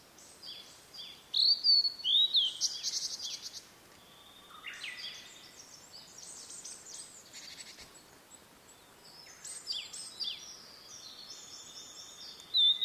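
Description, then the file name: Blue-and-white flycatcher singing busily: repeated high whistled phrases, swooping notes and scratchy buzzy bursts, with barely a pause between phrases. "oruri"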